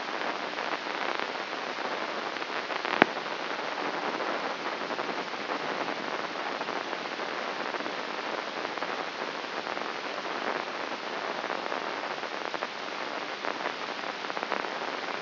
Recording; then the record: brain microelectrode recording played as sound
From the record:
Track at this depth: inside the subthalamic nucleus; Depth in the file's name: 4.43 mm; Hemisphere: left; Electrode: 3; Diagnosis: Parkinson's disease